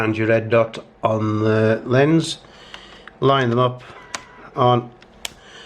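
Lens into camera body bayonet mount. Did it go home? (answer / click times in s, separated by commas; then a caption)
yes / 5.2 s. Someone talks while lining up the red dot on a lens with the red dot on a Canon T70 camera body and turning the lens on the bayonet mount. A sharp, loud click at 5.3 s marks the lens locking home, seated in the mount.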